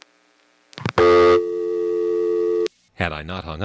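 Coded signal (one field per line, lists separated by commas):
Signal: telephone call progress tone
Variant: North America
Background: speech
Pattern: dial tone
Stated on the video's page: Telephone company permanent-signal recordings for phones left off hook, 1971-1983.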